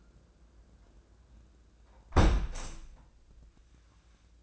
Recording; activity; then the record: daily activity, microphone in the room; close window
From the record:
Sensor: 2